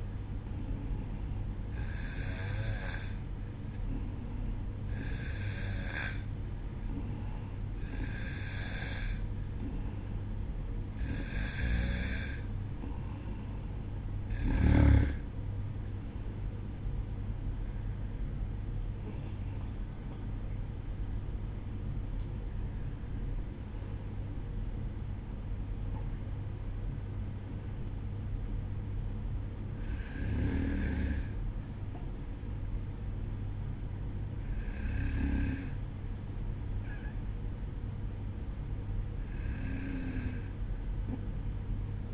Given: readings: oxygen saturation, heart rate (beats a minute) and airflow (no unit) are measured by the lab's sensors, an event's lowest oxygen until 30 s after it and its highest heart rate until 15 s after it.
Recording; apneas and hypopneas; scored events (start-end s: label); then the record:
breathing in sleep by a smartphone at the bedside; none
none scored
From the record:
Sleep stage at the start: N2 (light sleep); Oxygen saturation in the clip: 92 to 95%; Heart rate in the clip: 57 to 68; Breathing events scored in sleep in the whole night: 305 in 9.6 hours asleep